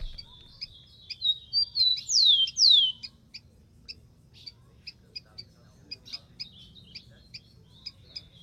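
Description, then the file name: Rufous-collared sparrow song: brief whistles then two strong falling slurs, followed by steady high chip notes for several seconds. "canto do tico tico"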